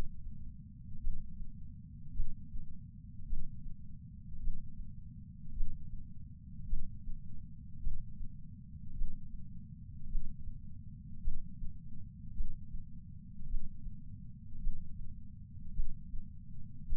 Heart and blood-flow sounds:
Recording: heart sounds by patch sensor on the chest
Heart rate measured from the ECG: 53 bpm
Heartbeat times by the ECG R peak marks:
0.99 s: heartbeat
2.13 s: heartbeat
3.25 s: heartbeat
4.39 s: heartbeat
5.53 s: heartbeat
6.66 s: heartbeat
7.79 s: heartbeat
8.93 s: heartbeat
10.07 s: heartbeat
11.20 s: heartbeat
12.33 s: heartbeat
13.46 s: heartbeat
14.59 s: heartbeat
15.72 s: heartbeat
16.85 s: heartbeat
From the record:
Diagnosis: coronary artery disease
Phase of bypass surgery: intraoperative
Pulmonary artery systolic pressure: 22 mmHg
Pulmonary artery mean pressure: 14 mmHg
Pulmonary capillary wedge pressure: 10 mmHg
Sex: male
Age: 75 years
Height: 167 cm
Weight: 58 kg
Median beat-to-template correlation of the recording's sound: 0.95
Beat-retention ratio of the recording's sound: 0.99

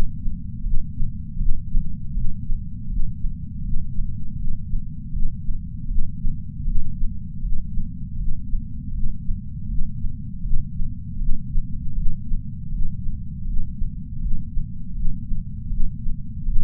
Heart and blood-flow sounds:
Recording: heart sounds by patch sensor on the chest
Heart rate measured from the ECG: 80 bpm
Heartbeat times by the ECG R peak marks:
0.63 s: heartbeat
1.38 s: heartbeat
2.13 s: heartbeat
2.88 s: heartbeat
3.62 s: heartbeat
4.37 s: heartbeat
5.12 s: heartbeat
5.87 s: heartbeat
6.64 s: heartbeat
7.41 s: heartbeat
8.17 s: heartbeat
8.92 s: heartbeat
9.67 s: heartbeat
10.42 s: heartbeat
11.18 s: heartbeat
11.95 s: heartbeat
12.71 s: heartbeat
13.45 s: heartbeat
14.20 s: heartbeat
14.94 s: heartbeat
15.69 s: heartbeat
16.45 s: heartbeat
From the record:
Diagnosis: coronary artery disease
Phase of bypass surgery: intraoperative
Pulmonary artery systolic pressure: 26 mmHg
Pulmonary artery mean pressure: 18 mmHg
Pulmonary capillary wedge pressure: 8 mmHg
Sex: female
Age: 52 years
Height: 163 cm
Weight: 80 kg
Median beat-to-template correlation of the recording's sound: 0.89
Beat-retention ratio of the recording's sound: 0.99

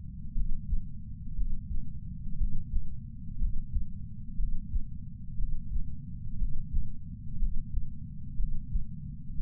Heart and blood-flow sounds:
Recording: heart sounds by patch sensor on the chest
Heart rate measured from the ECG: 60 bpm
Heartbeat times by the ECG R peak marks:
0.35 s: heartbeat
1.36 s: heartbeat
2.39 s: heartbeat
3.40 s: heartbeat
4.38 s: heartbeat
5.38 s: heartbeat
6.40 s: heartbeat
7.40 s: heartbeat
8.38 s: heartbeat
9.38 s: heartbeat
From the record:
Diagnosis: coronary artery disease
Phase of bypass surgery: preoperative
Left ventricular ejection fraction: 41.8%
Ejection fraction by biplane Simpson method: 39%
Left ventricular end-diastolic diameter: 62 mm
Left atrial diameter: 43 mm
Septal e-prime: 3 cm/s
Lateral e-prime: 8 cm/s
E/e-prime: 13.6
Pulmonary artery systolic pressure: 41 mmHg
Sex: male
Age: 69 years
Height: 165 cm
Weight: 60 kg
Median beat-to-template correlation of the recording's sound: 0.79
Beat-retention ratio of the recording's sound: 0.99

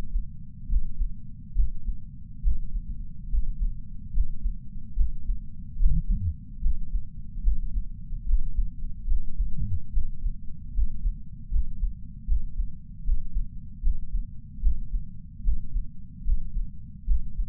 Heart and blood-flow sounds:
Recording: heart sounds by patch sensor on the chest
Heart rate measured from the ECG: 73 bpm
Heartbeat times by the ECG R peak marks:
0.67 s: heartbeat
1.53 s: heartbeat
2.41 s: heartbeat
3.28 s: heartbeat
4.11 s: heartbeat
4.94 s: heartbeat
5.77 s: heartbeat
6.60 s: heartbeat
7.42 s: heartbeat
8.24 s: heartbeat
9.06 s: heartbeat
9.91 s: heartbeat
10.72 s: heartbeat
11.49 s: heartbeat
12.26 s: heartbeat
13.03 s: heartbeat
13.81 s: heartbeat
14.61 s: heartbeat
15.42 s: heartbeat
16.23 s: heartbeat
17.05 s: heartbeat
From the record:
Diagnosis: coronary artery disease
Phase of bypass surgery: preoperative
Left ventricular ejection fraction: 62.4%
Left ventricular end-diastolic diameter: 53 mm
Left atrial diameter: 33 mm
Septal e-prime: 9.2 cm/s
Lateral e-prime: 11.3 cm/s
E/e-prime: 6.9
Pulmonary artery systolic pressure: 26 mmHg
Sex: male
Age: 35 years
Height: 178 cm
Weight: 58 kg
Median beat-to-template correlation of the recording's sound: 0.86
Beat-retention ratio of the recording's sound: 0.99

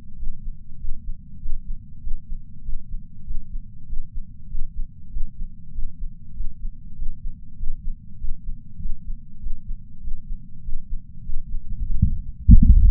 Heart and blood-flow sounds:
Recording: heart sounds by patch sensor on the chest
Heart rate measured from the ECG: 98 bpm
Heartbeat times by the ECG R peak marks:
0.16 s: heartbeat
0.77 s: heartbeat
1.38 s: heartbeat
2.00 s: heartbeat
2.62 s: heartbeat
3.23 s: heartbeat
3.86 s: heartbeat
4.47 s: heartbeat
5.09 s: heartbeat
5.71 s: heartbeat
6.33 s: heartbeat
6.95 s: heartbeat
7.56 s: heartbeat
8.17 s: heartbeat
8.78 s: heartbeat
9.39 s: heartbeat
10.00 s: heartbeat
10.62 s: heartbeat
11.22 s: heartbeat
11.83 s: heartbeat
12.44 s: heartbeat
From the record:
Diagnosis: coronary artery disease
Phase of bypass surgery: preoperative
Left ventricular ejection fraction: 69.2%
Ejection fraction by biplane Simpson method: 67.6%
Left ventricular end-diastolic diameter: 44 mm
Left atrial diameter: 34 mm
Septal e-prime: 8.5 cm/s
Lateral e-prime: 9.7 cm/s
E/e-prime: 11.5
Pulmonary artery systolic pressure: 27 mmHg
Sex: male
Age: 74 years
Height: 168 cm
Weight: 55 kg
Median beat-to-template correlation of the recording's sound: 0.94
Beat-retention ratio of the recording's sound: 0.99

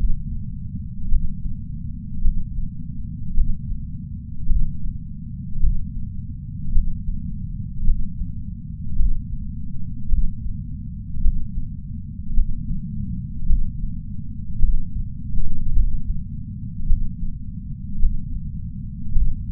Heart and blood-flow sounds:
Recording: heart sounds by patch sensor on the chest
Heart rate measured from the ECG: 54 bpm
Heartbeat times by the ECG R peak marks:
0.26 s: heartbeat
1.07 s: heartbeat
2.20 s: heartbeat
3.32 s: heartbeat
4.46 s: heartbeat
5.58 s: heartbeat
6.70 s: heartbeat
7.83 s: heartbeat
8.95 s: heartbeat
10.08 s: heartbeat
11.20 s: heartbeat
12.32 s: heartbeat
13.45 s: heartbeat
14.58 s: heartbeat
15.71 s: heartbeat
16.85 s: heartbeat
17.98 s: heartbeat
19.11 s: heartbeat
From the record:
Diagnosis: coronary artery disease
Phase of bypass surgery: intraoperative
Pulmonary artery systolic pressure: 17 mmHg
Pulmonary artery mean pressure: 9 mmHg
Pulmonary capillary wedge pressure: 2 mmHg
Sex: male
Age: 71 years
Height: 162 cm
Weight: 75 kg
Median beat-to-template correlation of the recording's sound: 0.89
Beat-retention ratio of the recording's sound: 0.98

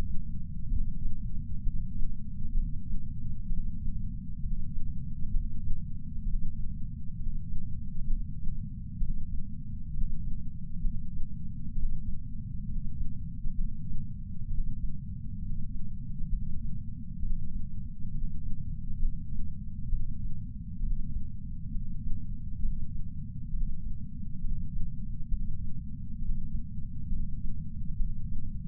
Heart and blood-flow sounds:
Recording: heart sounds by patch sensor on the chest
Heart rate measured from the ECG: 66 bpm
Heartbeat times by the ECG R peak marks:
0.69 s: heartbeat
1.64 s: heartbeat
2.55 s: heartbeat
3.48 s: heartbeat
4.41 s: heartbeat
5.32 s: heartbeat
6.24 s: heartbeat
7.16 s: heartbeat
8.08 s: heartbeat
8.98 s: heartbeat
9.92 s: heartbeat
10.82 s: heartbeat
11.73 s: heartbeat
12.66 s: heartbeat
13.56 s: heartbeat
14.48 s: heartbeat
15.39 s: heartbeat
16.30 s: heartbeat
17.20 s: heartbeat
18.11 s: heartbeat
19.00 s: heartbeat
19.90 s: heartbeat
20.81 s: heartbeat
21.71 s: heartbeat
22.60 s: heartbeat
23.51 s: heartbeat
24.41 s: heartbeat
25.29 s: heartbeat
26.19 s: heartbeat
27.09 s: heartbeat
27.97 s: heartbeat
From the record:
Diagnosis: coronary artery disease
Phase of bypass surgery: preoperative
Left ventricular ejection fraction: 43.1%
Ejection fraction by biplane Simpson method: 44.4%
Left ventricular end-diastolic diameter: 60 mm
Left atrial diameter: 37 mm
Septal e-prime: 5.3 cm/s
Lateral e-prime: 8.1 cm/s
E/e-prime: 7.6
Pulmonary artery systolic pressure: 20 mmHg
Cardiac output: 4.08 L/min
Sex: male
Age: 57 years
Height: 183 cm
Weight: 85 kg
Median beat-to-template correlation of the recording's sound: 0.82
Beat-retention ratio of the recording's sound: 0.97

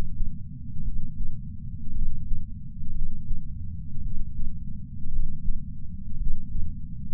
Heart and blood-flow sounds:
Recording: heart sounds by patch sensor on the chest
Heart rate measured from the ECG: 56 bpm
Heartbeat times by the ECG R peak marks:
0.81 s: heartbeat
1.91 s: heartbeat
2.91 s: heartbeat
4.00 s: heartbeat
5.08 s: heartbeat
6.16 s: heartbeat
From the record:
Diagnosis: coronary artery disease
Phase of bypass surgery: postoperative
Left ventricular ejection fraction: 49.7%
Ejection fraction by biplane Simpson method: 50.5%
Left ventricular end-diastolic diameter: 55 mm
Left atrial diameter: 40 mm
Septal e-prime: 5.2 cm/s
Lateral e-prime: 9 cm/s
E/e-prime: 14.4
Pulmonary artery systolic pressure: 28 mmHg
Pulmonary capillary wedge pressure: 8 mmHg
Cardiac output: 4.15 L/min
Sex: male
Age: 73 years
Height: 165 cm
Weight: 70 kg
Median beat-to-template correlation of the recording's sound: 0.92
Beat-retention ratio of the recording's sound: 1.00

